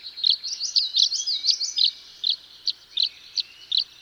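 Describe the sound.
Tree swallow twittering: a quick run of bright, slurred chirps, then spaced single high chirps roughly every third of a second.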